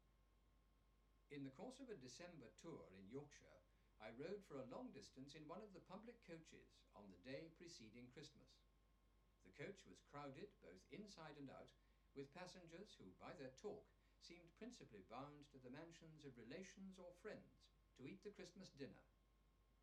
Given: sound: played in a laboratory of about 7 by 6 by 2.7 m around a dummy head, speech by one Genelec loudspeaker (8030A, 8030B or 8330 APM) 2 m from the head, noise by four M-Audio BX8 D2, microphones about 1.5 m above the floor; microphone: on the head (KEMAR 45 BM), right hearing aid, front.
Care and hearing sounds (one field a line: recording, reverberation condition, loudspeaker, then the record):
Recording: male speech in English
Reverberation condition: low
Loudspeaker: in front (0 degrees)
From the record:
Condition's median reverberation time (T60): about 310 ms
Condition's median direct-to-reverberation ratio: about 3.5 dB